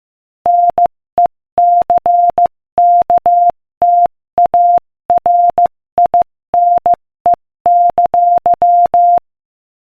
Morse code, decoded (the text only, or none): NECKTARINE!